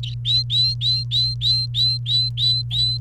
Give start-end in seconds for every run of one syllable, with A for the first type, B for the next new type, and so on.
0.03-3.00 A